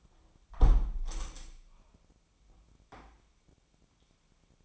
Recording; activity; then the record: daily activity, microphone in the room; close window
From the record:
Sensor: 1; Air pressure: 997.9 hPa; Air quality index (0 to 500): 122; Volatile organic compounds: 3 ppm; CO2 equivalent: 1460 ppm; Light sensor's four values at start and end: 17/56/23/23 and 17/57/23/23